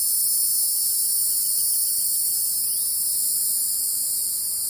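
Cicada song: an intense, sizzling high drone, constant in pitch, fading only a little toward the end.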